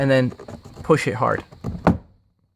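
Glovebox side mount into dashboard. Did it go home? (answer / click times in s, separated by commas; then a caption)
yes / 1.9 s. While reinstalling the plastic glovebox in a 2004–2008 Mazda 3, 5 or 6 dash after an AUX install, someone talks as the first side is pushed hard into its mount in the dash. A loud thunk at 1.9 s marks the glovebox pivot snapping into place, seated.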